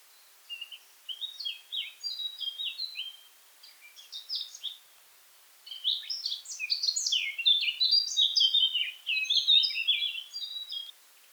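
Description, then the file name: Eurasian blackcap song: a subdued, rambling warble that builds into a louder, fast stream of bright, varied notes, with short pauses between bursts. "Sylvia atricapilla"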